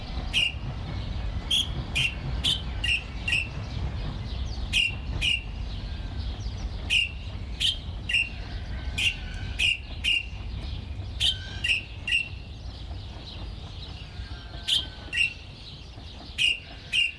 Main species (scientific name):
Lamprotornis regius